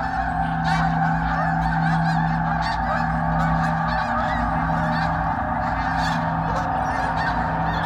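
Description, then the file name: Snow goose: snow geese honking en masse, a thick chorus of yelping calls over a steady low hum. Flock of snow geese taking off. "Sherk Scott Snow Geese take-off"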